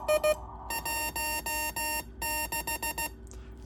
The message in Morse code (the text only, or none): 16